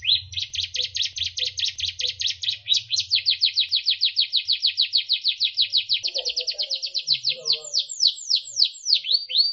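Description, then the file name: Canary singing a continuous rapid trill of sweeping notes that slows into wider downward slurs near the end. Canary song used as isian, song for training other birds. "suara kenari isian omkicau"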